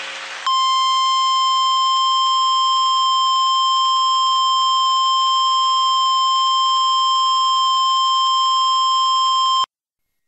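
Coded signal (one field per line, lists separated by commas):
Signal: Emergency Alert System (SAME) tones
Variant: 1050 Hz attention tone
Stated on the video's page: Mock EAS scenario for a Mount Rainier eruption, not a real alert.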